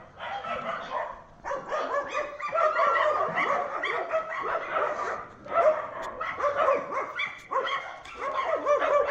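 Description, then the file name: Dogs barking in a dense overlapping chorus, harsh harmonic barks and yelps tumbling over one another in bursts with brief pauses between. Several dogs barking at night in the upper town. "chiens nuit ville haute"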